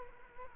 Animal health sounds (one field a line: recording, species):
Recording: mosquito wingbeat signal from an infrared sensor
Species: Culex quinquefasciatus